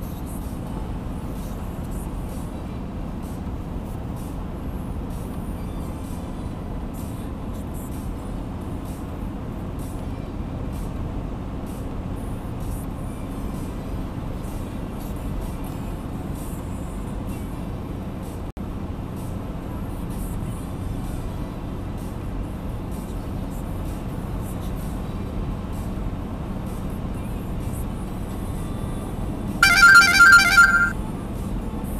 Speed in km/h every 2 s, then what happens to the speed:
89, 89, 90, 90, 90, 93, 93, 93, 93, 94, 94, 95, 95, 96, 96, 96.
0-32 steady at about 93.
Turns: none.